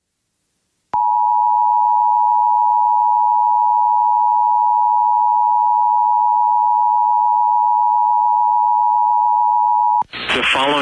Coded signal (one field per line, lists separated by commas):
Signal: Emergency Alert System (SAME) tones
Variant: 853 and 960 Hz attention tone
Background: speech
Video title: SVR GALORE 9: MRGL RISK MANIA... EAS Alerts from 7/10/23 - 7/11/23 (EAS #2,651 - 2,680)